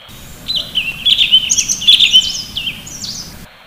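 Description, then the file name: Sooty-headed bulbul singing a string of slurred, rising and falling whistles mixed with short chirps, continuous for roughly three seconds. "suara kicauan cucak cungkok. omkicau"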